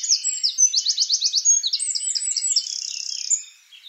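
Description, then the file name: Eurasian wren song: a vigorous, high-pitched burst of fast repeated notes that ends in a dry, rattling trill. "Troglodytes troglodytes"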